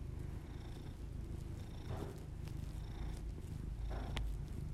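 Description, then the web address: Cat purring, low and unbroken, with two soft breath swells and a brief click near the end. Pet cat purring, recorded as ASMR together with the owner's heavy breathing. "Miss-Because Just Purrs [ASMR][Literally just my cat purring and my heavy breathing]"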